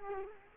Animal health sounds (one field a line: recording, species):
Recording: mosquito wingbeat signal from an infrared sensor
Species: Culex quinquefasciatus